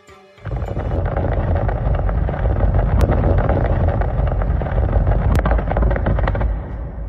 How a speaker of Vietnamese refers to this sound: Những tiếng đứt gãy lớn diễn ra trong lòng núi tức thời lại biến thành những đợt sấm nổ đùng đục.